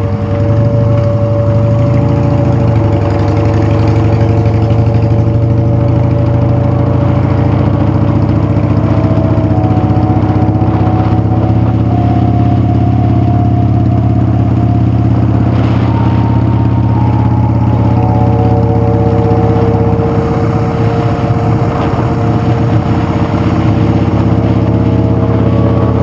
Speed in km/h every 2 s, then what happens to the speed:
18, 23, 26, 29, 27, 34, 34, 35, 31, 31, 34, 35, 35.
0-13 speeds up to 35. 13-26 steady at about 34.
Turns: none.